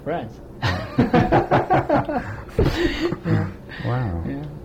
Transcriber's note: mutual laughter